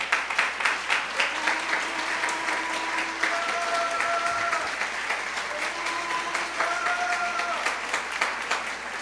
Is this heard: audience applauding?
yes